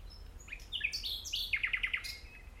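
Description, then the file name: Common nightingale song in one brief phrase: a few slurred whistles, then a fast series of repeated clipped notes. "Luscinia megarhynchos"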